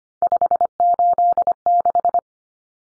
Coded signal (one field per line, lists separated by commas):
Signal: Morse code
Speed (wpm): 25 wpm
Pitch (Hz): 700 Hz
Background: none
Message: 586